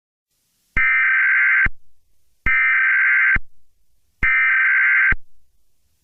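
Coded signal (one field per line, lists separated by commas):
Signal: Emergency Alert System (SAME) tones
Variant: header bursts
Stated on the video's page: Fictional EAS scenario, not a real alert.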